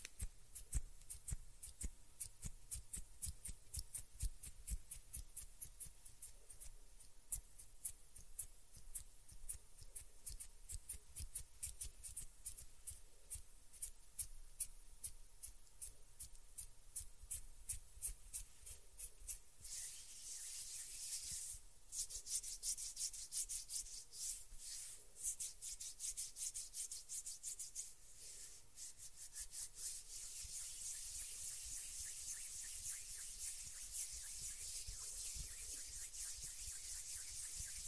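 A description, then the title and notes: Hand sounds: quick dry rubs and scratchy taps, tightly packed and fairly even in pace through the first half. After about 19 seconds the rubbing turns brighter and hissier, and from around 30 seconds it settles into a steadier, continuous swishing friction. ASMR RELAXING HAND SOUNDS - NO TALKING.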